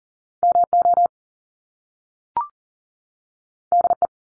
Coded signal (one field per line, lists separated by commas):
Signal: Morse code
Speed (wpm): 40 wpm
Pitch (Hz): 700 Hz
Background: none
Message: MO DE